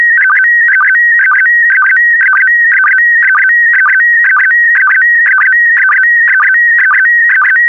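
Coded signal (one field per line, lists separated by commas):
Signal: SSTV (slow-scan television)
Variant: PD120 mode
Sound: steady warbling tones shifting in pitch with a rhythmic chirp about twice a second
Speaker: transmission complete you can now check your decoded image against the picture that is shown on the video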